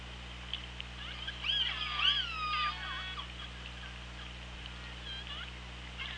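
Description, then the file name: Orca calls: a burst of squealing, harmonic-rich whistles with sweeping rising and falling tones over about two seconds, then faint scattered calls, over steady underwater hiss and low hum. Recorded on the OrcaLab hydrophone, 24 August 2017 at 17:02. "Orca Lab UTLN JASON 20170824 170240"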